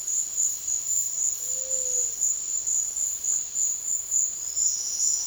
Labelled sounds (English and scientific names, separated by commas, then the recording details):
Ruddy Quail-Dove (Geotrygon montana)
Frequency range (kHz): Ruddy Quail-Dove (Geotrygon montana) 0.1-0.9 kHz
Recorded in dense forest near Puerto Asís, Putumayo, Colombia, on 18 February 2024 at 15:30
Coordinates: 0.502, -76.326
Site G6460